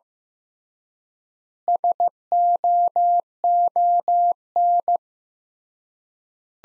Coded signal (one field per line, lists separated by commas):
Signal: Morse code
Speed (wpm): 15 wpm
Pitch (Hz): 700 Hz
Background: none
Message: SOON